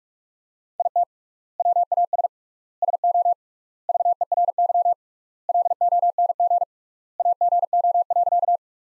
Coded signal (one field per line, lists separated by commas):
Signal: Morse code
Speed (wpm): 46 wpm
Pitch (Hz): 700 Hz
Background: none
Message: IT WAS SO VERY LONG AGO.